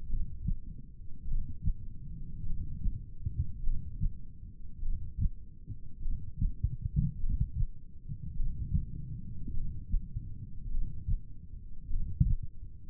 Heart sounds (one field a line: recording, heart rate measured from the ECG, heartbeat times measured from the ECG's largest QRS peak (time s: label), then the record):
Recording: heart sounds by stethoscope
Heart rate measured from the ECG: 51 bpm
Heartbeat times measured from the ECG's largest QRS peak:
0.11 s: heartbeat
1.29 s: heartbeat
2.47 s: heartbeat
3.65 s: heartbeat
4.84 s: heartbeat
6.03 s: heartbeat
7.21 s: heartbeat
8.38 s: heartbeat
9.55 s: heartbeat
10.73 s: heartbeat
11.92 s: heartbeat
From the record:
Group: heart failure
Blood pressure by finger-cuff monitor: 87/47 mmHg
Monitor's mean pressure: 61 mmHg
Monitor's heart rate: 51 bpm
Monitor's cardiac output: 4.6 L/min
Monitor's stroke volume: 91 mL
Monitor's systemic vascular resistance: 930 dyn s/cm5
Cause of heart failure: cardiac sarcoid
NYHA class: 1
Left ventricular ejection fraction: 39%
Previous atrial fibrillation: present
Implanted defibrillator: present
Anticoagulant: apixaban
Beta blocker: carvedilol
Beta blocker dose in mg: 50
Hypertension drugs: ramipril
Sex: male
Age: 79 years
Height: 184 cm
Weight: 92.5 kg